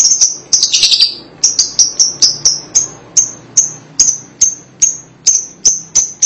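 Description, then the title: Lovebird calls: a few sharp chirps and a short chattering burst, then a long series of sharp high chirps, a little more than two per second. "Suara Burung Lovebird"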